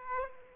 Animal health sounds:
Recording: mosquito wingbeat signal from an infrared sensor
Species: Aedes aegypti

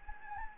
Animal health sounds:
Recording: mosquito wingbeat signal from an infrared sensor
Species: Anopheles gambiae

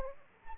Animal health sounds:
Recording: mosquito wingbeat signal from an infrared sensor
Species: Aedes aegypti

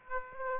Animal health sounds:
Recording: mosquito wingbeat signal from an infrared sensor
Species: Aedes aegypti

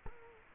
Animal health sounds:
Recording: mosquito wingbeat signal from an infrared sensor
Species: Culex quinquefasciatus

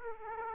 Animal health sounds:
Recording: mosquito wingbeat signal from an infrared sensor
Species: Aedes aegypti

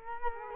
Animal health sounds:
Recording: mosquito wingbeat signal from an infrared sensor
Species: Culex quinquefasciatus

